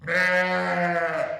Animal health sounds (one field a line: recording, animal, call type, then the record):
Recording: contact call of a hoofed animal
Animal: sheep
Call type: low-frequency (closed-mouth) or high-frequency (open-mouth) call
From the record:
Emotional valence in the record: negative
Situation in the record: short social isolation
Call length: 1.40 s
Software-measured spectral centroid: 2040 Hz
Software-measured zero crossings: 2140 a second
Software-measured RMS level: -24 dBFS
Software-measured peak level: -13 dBFS